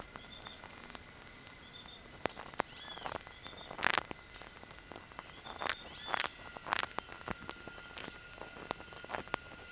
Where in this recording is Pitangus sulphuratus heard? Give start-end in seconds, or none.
2.71-3.12, 5.86-6.24